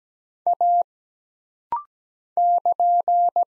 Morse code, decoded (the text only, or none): A <KN>